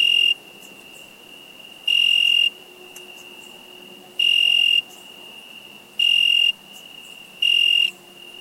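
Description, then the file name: Cricket chirps: loud, pure, high-pitched bursts, one cut off at the start and four full, separated by gaps of one to two seconds, with a quieter steady whine between. "Cricket insect"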